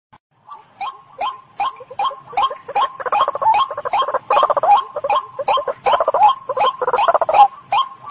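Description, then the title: White-breasted waterhen calls, a steady run of short clipped croaks, roughly two or three per second, growing louder and denser after the first few. Local name ruak-ruak; recording used as a lure sound (panciang) for catching the bird. "Panciang Suara Burung Ruak Ruak"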